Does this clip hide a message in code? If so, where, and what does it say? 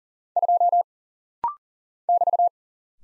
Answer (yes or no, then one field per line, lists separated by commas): yes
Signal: Morse code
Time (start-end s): 0.4-2.5 s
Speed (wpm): 40 wpm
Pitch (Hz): 700 Hz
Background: none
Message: 2 <BT>